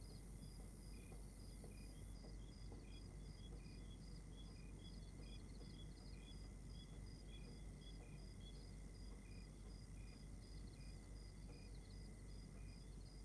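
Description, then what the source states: Crickets give high-pitched chirps about three times a second from several insects, with a brief hiss at the start, then steady chirping over a low rumble. Outdoor night ambience in Rwanda.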